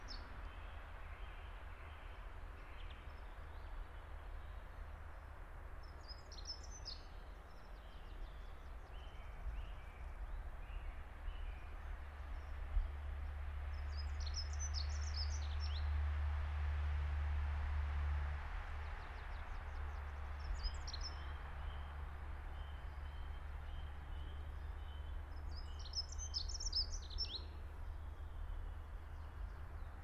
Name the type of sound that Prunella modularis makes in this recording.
song